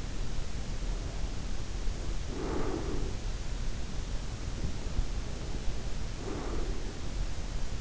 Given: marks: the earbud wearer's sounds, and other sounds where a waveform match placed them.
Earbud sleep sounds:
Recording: sounds in sleep by an in-ear microphone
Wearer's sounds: breath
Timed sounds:
1.82-3.38 s: breath
5.68-7.13 s: breath

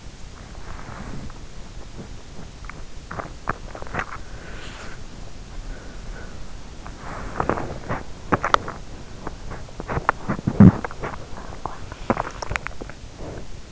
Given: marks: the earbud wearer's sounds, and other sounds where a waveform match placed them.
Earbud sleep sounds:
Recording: sounds in sleep by an in-ear microphone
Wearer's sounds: body movement, teeth grinding, breath, swallowing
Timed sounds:
0.00-13.72 s: body movement
2.08-4.40 s: teeth grinding
4.40-6.45 s: breath
11.71-13.10 s: breath
12.35-12.77 s: swallowing

